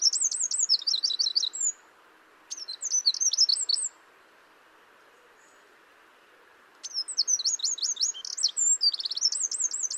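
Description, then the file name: Eurasian wren song: energetic high trills and twitters in three bursts, the longest following a quiet gap of about three seconds. "Troglodytes troglodytes"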